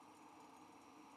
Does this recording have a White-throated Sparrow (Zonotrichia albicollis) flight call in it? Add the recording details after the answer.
no. No flight call is heard. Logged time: 09:38 on 5 December 2014